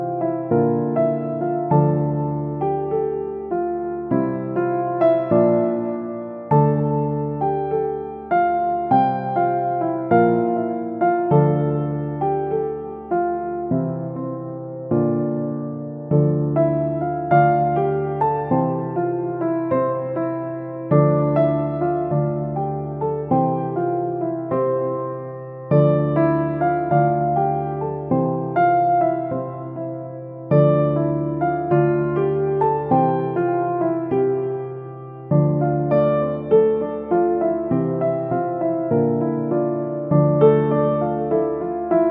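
Mystical Celtic music built from plucked, ringing notes that each bloom and fade, over a steady low bass note. Phrases repeat in a regular cycle about every five seconds, the melody sitting in a warm middle range with soft, gentle peaks throughout.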